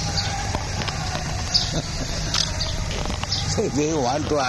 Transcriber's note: laughs